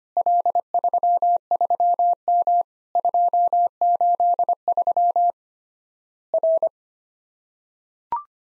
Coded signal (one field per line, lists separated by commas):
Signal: Morse code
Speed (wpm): 25 wpm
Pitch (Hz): 700 Hz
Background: none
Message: L33M 283 R